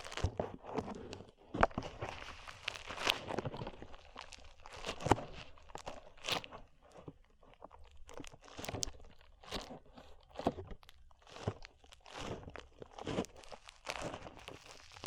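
Slime being squeezed and pressed, giving dense, crunchy crackles and wet snapping pops. The sounds come in irregular bursts about every second, some sharp and bright, with brief quieter gaps between handfuls and a soft low rustle underneath throughout.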